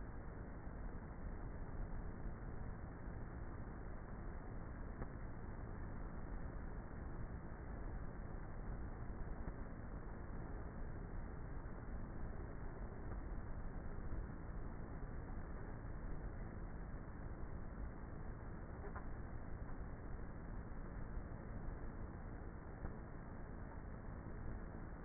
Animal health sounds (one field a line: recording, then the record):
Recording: honeybee colony, microphone inside the hive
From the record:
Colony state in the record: queenless with a low population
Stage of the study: before two queens were removed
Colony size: about 30,000 bees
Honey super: no